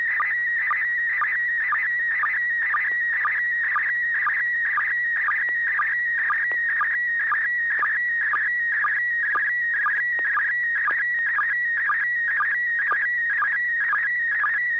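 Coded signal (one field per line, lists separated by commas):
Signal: SSTV (slow-scan television)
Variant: PD120 mode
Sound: warbling, chirping tone with steady rhythmic ticks about twice a second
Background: low steady hum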